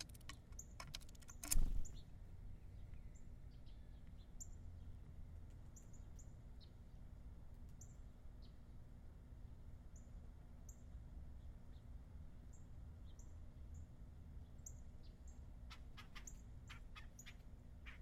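Birds at a feeder: sharp clicks and pecks cluster early and late, a loud scrape near two seconds, over a steady low hum.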